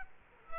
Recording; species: mosquito wingbeat signal from an infrared sensor; Culex quinquefasciatus